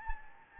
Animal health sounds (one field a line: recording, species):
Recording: mosquito wingbeat signal from an infrared sensor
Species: Anopheles gambiae